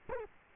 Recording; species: mosquito wingbeat signal from an infrared sensor; Culex quinquefasciatus